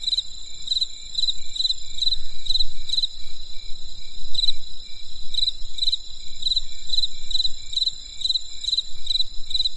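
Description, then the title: Insect song of rapid pulsed chirps in two runs separated by a short gap, with a constant high whine and low rumble beneath. Crisp insect sounds on a winter night in the countryside. "There was a crisp sound of insects in the winter night. Come and experience a sound therapy feast from the countryside"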